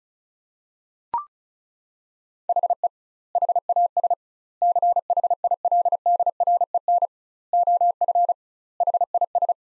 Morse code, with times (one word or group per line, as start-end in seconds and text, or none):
2.5-2.9 HE
3.4-4.1 HAS
4.6-7.1 CHILDREN
7.5-8.3 OF
8.8-9.5 HIS